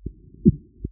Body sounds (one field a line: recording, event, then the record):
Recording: neck accelerometer signal played as sound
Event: voluntary cough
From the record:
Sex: male